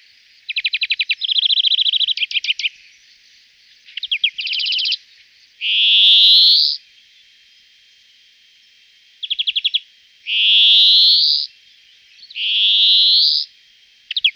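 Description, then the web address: European greenfinch song mixing short rapid trills with long nasal wheezing notes that rise slightly, repeated several times with pauses between phrases. "VOLIERE Les oiseaux de nos jardins. Verdier - Greenfinch"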